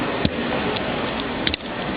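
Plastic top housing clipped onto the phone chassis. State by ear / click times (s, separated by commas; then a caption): released / 1.5 s. A pry tool is slid around the bottom edge of a T-Mobile Sidekick 3 phone, working the plastic top housing off its clips on the chassis over a steady background hiss. A faint tap comes at 0.3 s, then two sharp pops at 1.5 s and 1.5 s as the clips let go and the housing releases.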